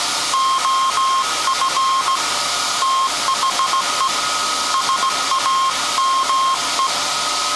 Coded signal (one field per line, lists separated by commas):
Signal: Morse code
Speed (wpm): 17 wpm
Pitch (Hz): 1070 Hz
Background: none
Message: OF THE SAME